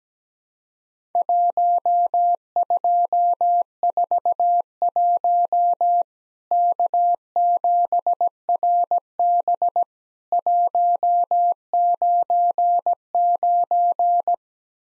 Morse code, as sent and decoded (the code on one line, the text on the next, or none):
.---- ..--- ....- .---- / -.- --... .-. -... / .---- ----. ----.
1241 K7RB 199